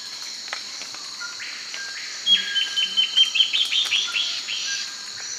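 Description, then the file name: Bird producing a fast run of sharp high notes lasting about two seconds, against a constant high background buzz. "SABIOD 50 bird 2015"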